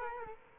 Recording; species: mosquito wingbeat signal from an infrared sensor; Culex quinquefasciatus